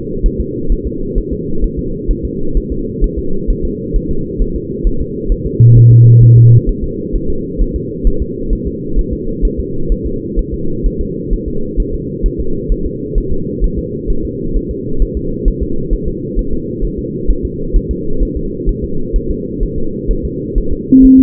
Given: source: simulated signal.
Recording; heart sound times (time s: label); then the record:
fetal heart sounds
0.26 s: S1
0.41 s: S2
0.72 s: S1
0.87 s: S2
1.18 s: S1
1.33 s: S2
1.64 s: S1
1.79 s: S2
2.11 s: S1
2.25 s: S2
2.57 s: S1
2.72 s: S2
3.04 s: S1
3.19 s: S2
3.50 s: S1
3.65 s: S2
3.96 s: S1
4.11 s: S2
4.42 s: S1
4.56 s: S2
4.87 s: S1
5.01 s: S2
5.32 s: S1
5.47 s: S2
5.77 s: S1
5.92 s: S2
6.23 s: S1
6.38 s: S2
6.69 s: S1
6.84 s: S2
7.16 s: S1
7.30 s: S2
7.61 s: S1
7.76 s: S2
8.07 s: S1
8.22 s: S2
8.53 s: S1
8.67 s: S2
8.99 s: S1
9.13 s: S2
9.45 s: S1
9.60 s: S2
9.92 s: S1
10.06 s: S2
10.39 s: S1
10.54 s: S2
10.86 s: S1
11.01 s: S2
11.33 s: S1
11.48 s: S2
11.80 s: S1
11.94 s: S2
12.26 s: S1
12.40 s: S2
12.72 s: S1
12.86 s: S2
13.18 s: S1
13.32 s: S2
13.64 s: S1
13.78 s: S2
14.10 s: S1
14.25 s: S2
14.56 s: S1
14.71 s: S2
15.02 s: S1
15.17 s: S2
15.48 s: S1
15.62 s: S2
15.94 s: S1
16.08 s: S2
16.39 s: S1
16.53 s: S2
16.85 s: S1
16.99 s: S2
17.30 s: S1
17.45 s: S2
17.76 s: S1
17.91 s: S2
18.23 s: S1
18.37 s: S2
18.69 s: S1
18.84 s: S2
19.16 s: S1
19.31 s: S2
19.63 s: S1
19.78 s: S2
20.11 s: S1
20.25 s: S2
20.58 s: S1
20.73 s: S2
21.05 s: S1
21.19 s: S2
From the record:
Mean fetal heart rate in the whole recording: 130 bpm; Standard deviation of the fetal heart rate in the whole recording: 4 bpm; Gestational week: 38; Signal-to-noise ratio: -8.1 dB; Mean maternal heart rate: 72 bpm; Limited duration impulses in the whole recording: present